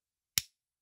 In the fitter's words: You can probably hear it here, the nice click when you close the cap.